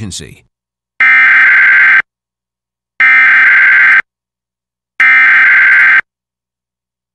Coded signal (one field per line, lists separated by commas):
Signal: Emergency Alert System (SAME) tones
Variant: header bursts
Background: speech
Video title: EAS #670: EAS Required Monthly Test- Aug. 8, 2022- 8:15PM PDT